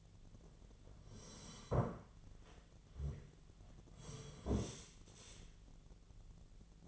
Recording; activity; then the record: daily activity, microphone in the room; sit down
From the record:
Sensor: 4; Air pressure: 1008.7 hPa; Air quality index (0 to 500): 172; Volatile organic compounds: 5 ppm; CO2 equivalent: 1721 ppm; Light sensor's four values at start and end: 23/72/27/26 and 23/72/27/26